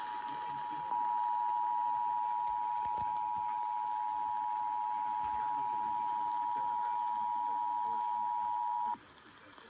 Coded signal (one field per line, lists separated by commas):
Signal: Emergency Alert System (SAME) tones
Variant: 853 and 960 Hz attention tone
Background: speech